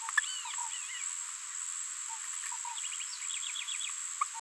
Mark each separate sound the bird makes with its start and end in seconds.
4.21-4.24